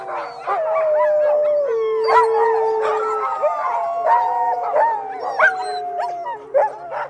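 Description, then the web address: Multiple dogs whine and howl in long sliding tones, with irregular short barks and yips breaking through the chorus. Several dogs whining and barking. "plusieurs chiens qui gemissent et aboient"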